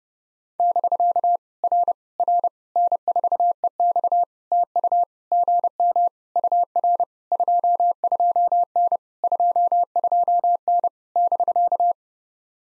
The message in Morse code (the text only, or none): <BK> R R N4EX TU GM UR 22N 22N <BK>